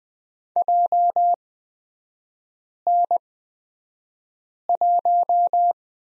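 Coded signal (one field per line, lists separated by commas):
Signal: Morse code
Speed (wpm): 20 wpm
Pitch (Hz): 700 Hz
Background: none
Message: JN1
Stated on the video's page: Morse lesson on the prosign BT at Farnsworth speed 20/10 wpm.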